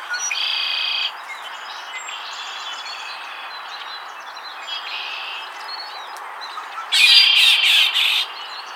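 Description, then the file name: Red-winged Blackbird giving buzzy, rattling trills, one right at the start, two softer ones midway and a loud harsh burst near the end, with quiet chips between. "Agelaius phoeniceus - Red-winged Blackbird"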